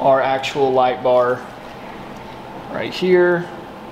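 A wiring harness connector is held up to the plug of a 40" Cali Raised LED light bar mounted on a Prinsu roof rack on a 2021 4Runner, ready to be snapped in. Someone talks in short bursts over a quiet, steady background hiss. The connector has not yet seated or clicked.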